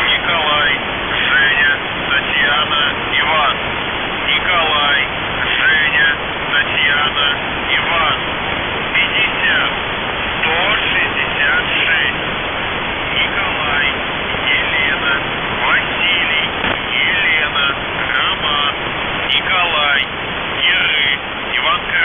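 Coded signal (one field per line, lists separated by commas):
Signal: coded military voice message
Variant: UVB-76, Russian voice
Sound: a voice reading words and numbers through heavy hissing radio static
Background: radio static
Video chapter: 02:43 - НЖТИ 50166 НЕВЕРНЫЙ 1745 1643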